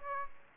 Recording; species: mosquito wingbeat signal from an infrared sensor; Aedes aegypti